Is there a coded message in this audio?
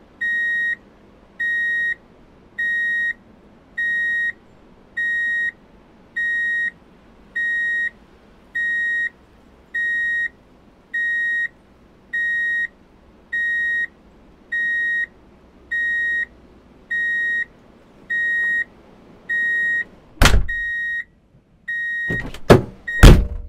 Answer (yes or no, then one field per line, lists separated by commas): no